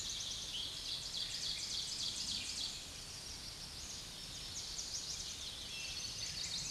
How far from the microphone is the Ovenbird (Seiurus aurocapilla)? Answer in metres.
about 55 m